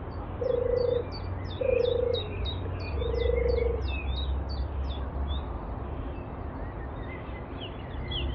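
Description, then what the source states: European turtle dove purring three times in the first four seconds, then only a small bird's high, regular descending notes continue over low hum. Recorded 23 May 2021; excerpt with the sound of a chiffchaff reduced.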